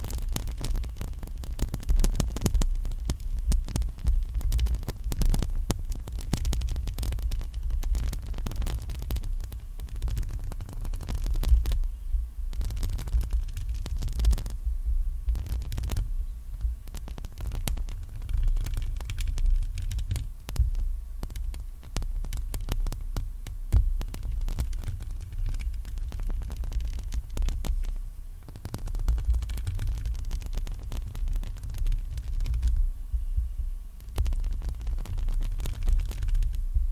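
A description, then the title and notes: Nails scratch and tap on a mic in a near-constant stream of crackly, scraping strokes over a heavy low thumping rumble. The texture is dense and busy, with brief quieter lulls around 12, 28 and 33 seconds before the scratching picks up again. ASMR Clear Nails Mic Scratching ~ (tapping & scratching triggers).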